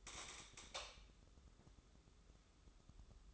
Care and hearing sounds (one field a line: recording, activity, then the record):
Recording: daily activity, microphone in the room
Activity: light on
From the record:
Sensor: 3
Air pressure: 995.4 hPa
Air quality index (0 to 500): 84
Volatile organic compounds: 8 ppm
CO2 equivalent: 2041 ppm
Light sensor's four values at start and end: 9/22/9/9 and 12/31/12/12